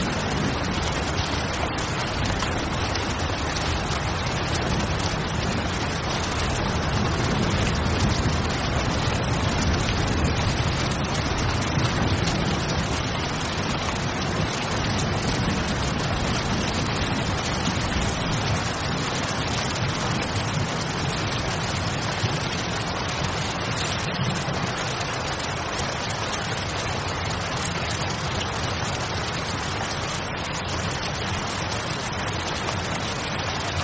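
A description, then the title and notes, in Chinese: A steady, dense wash of heavy rain fills the whole recording, hissing evenly from low rumble up to bright spatter. A deeper rumbling swell rises around eight to twelve seconds, like distant thunder rolling under the rain, then the downpour continues unchanged to the end. 助眠雷雨声。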